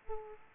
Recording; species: mosquito wingbeat signal from an infrared sensor; Aedes aegypti